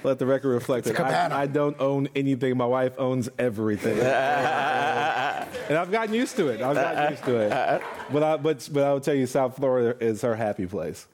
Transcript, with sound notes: Let the record reflect that I don’t own anything, my wife owns everything.
[Laughter]
And I’ve gotten used to it. I got used to it. But I would tell you South Florida is her happy place.